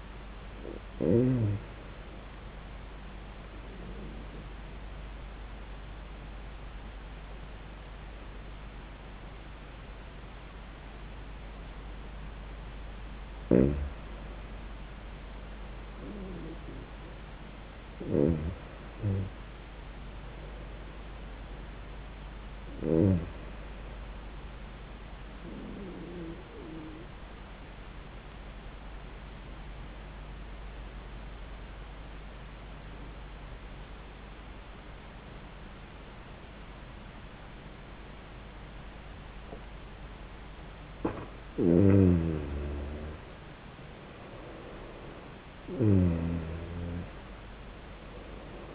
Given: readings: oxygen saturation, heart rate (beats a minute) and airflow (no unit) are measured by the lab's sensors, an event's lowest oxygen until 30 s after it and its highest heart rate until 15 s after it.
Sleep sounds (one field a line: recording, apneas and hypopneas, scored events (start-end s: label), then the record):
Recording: breathing in sleep by a voice recorder at the bedside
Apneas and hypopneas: 2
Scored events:
3.00-15.10 s: hypopnea (N1, oxygen 96% highest, then 91% lowest, heart rate 85 at the start, 89 highest)
30.00-41.90 s: obstructive apnea (N1, oxygen 95% highest, then 88% lowest, heart rate 84 at the start, 90 highest)
From the record:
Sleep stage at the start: N1 (lightest sleep)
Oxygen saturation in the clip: 91 to 96%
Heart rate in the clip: 84 to 90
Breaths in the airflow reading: 7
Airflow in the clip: -17.0 to 17.4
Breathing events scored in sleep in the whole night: 400 in 8.7 hours asleep